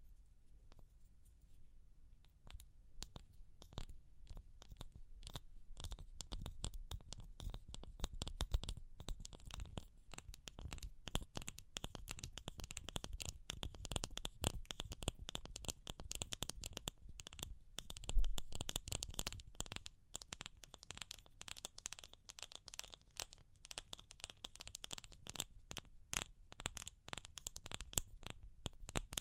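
Fast tapping on a surface, crisp, dry clicks in dense runs with brief gaps, starting quietly for the first couple of seconds. The taps stay rapid and fairly even throughout, with a scratchy, papery edge and a few louder hits around eighteen seconds.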